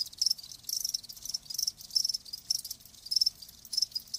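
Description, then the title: Cricket chirping, high pulsed trills in short bursts about two to three per second, steady and continuous. Crickets chirping, presented as lulling sleep sounds. "Live Crickets Chirping"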